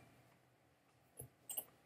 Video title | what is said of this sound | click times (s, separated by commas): Trombone Assembly | you'll hear a pop on this one | 1.2 s, 1.6 s